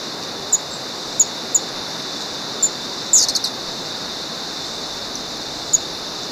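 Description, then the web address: Western emerald uttering thin, high-pitched ticks at irregular intervals, with one quick stuttering burst of several notes, against constant background hiss. Ecuador. "Natures Songs S America Birds of Ecuador. Western Emerald"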